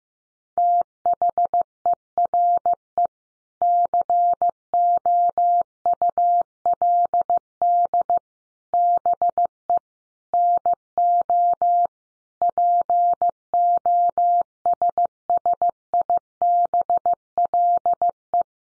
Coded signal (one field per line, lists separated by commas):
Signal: Morse code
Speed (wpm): 14 wpm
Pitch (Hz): 700 Hz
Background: none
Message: THERE COULD BE NO POSSIBLE